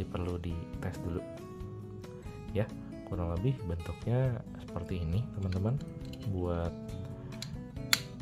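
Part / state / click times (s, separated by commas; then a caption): lid of a wireless earbud charging case / seated / 7.9 s. Someone talks over background music while handling the hinged plastic lid of an Oppo Enco Buds 2 wireless earbud charging case. The lid snaps shut with a sharp, fairly loud click at 7.9 s.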